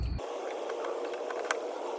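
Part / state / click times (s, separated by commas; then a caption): video doorbell onto wall mounting bracket / seated / 1.5 s. A plastic Eufy 2K video doorbell is pressed onto its wall mounting bracket after the wires are pushed out of the way. Over a steady background hiss, faint ticks at about 0.7 s and 1.3 s lead to one sharp, bright snap at 1.5 s, where the doorbell seats on the bracket.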